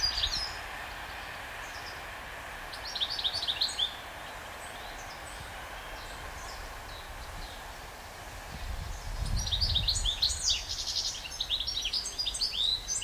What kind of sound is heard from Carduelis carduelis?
song